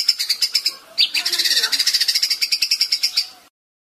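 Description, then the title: White-rumped shama song: rapid, buzzy, high pulsed notes repeated for about three and a half seconds, with a brief break near the start. Training recording for caged birds. "MURAI BATU LABAIK"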